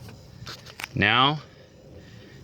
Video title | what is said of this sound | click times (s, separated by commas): 2002-2006 Honda CRV OEM speaker replacement | you hear a click now | 0.8 s